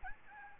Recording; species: mosquito wingbeat signal from an infrared sensor; Aedes albopictus